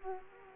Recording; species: mosquito wingbeat signal from an infrared sensor; Culex quinquefasciatus